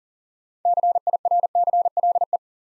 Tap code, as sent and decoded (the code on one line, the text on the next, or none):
none